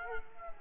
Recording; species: mosquito wingbeat signal from an infrared sensor; Culex quinquefasciatus